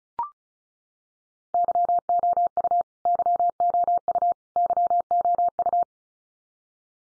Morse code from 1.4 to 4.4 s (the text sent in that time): YOU YOU